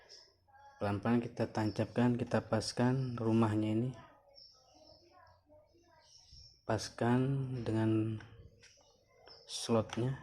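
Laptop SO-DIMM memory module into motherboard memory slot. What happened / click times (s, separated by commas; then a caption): Memory module being lined up with its slot, not yet seated / none. A laptop SO-DIMM memory module is lined up and fitted to the motherboard memory slot of an Acer Aspire V5 netbook during an upgrade to 4GB. Someone talks through most of the clip, with a faint short tap near 4.4 s. The module has not been pushed in or pressed down yet, and nothing has clicked or seated.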